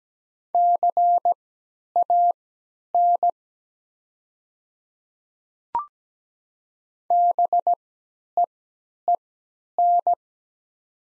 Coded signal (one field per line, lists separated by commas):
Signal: Morse code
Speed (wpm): 17 wpm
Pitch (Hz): 700 Hz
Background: none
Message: CAN BEEN